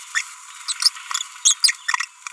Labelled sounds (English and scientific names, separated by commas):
Green-rumped Parrotlet (Forpus passerinus) babbling